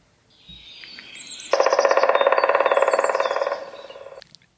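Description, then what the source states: Black woodpecker drumming: one long roll of distinct strikes lasting nearly three seconds, fading slightly toward the end. Drumming; long drum rolls with a slower beat so single strikes can be heard; longest rolls of native woodpeckers, longer in males than females; about four rolls per minute.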